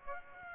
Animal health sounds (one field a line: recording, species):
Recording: mosquito wingbeat signal from an infrared sensor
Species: Aedes aegypti